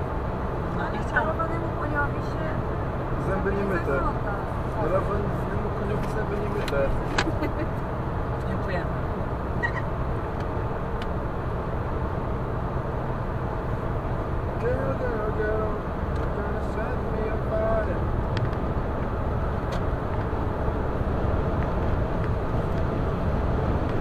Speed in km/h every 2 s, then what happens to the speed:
116, 116, 116, 116, 116, 116, 116, 116, 122, 127, 130, 129.
0-14 steady at about 116. 14-19 speeds up to 130.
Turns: none.